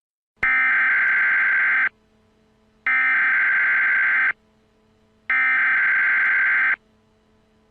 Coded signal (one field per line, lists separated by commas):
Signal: Emergency Alert System (SAME) tones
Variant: header bursts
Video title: Mandela EAS Scenario | Alternate Universe REMASTERED